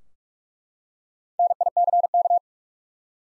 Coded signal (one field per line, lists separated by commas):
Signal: Morse code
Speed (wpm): 47 wpm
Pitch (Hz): 700 Hz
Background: none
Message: NICK